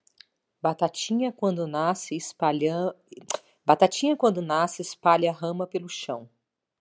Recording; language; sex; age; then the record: short text; Brazilian Portuguese; female; 50 to 59 years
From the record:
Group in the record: control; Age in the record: 55 years